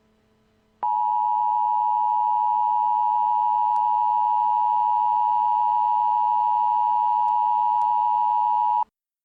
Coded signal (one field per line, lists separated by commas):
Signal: Emergency Alert System (SAME) tones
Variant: 853 and 960 Hz attention tone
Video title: EAS Scenario: Y2K Chaos